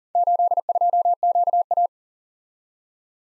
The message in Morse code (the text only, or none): 82QA